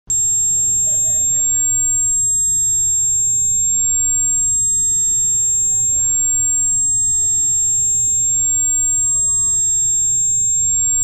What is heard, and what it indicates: Tinnitus 7500 Hz Tone.